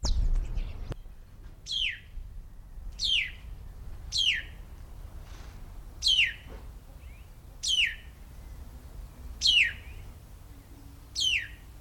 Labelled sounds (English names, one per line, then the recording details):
White-browed Laughingthrush call
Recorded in captivity
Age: adult
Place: Tierpark Berlin, Berlin, DE
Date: 1994-04-08 12:16
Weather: sonnig, 5°C
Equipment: Marantz CP 430, Sennheiser ME 80, Kopie Uher Variocord 263
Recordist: Tembrock, Günter